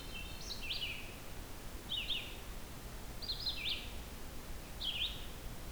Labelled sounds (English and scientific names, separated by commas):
Red-eyed Vireo (Vireo olivaceus) song